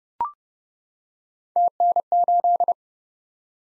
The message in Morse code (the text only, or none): TN8